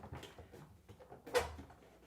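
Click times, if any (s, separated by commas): none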